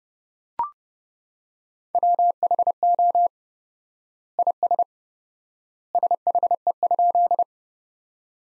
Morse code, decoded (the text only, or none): WHO IS SHE?